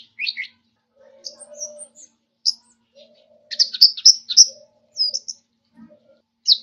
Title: Anis Merah